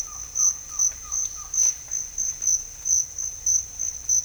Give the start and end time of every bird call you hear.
[0.00, 1.56] bird call

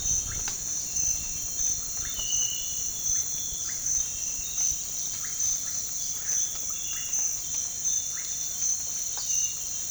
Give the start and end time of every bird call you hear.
[0.09, 0.75] bird call
[1.93, 3.87] bird call
[5.10, 7.09] bird call

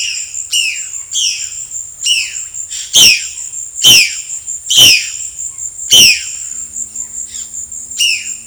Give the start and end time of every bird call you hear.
[0.00, 6.30] bird call
[7.96, 8.46] bird call

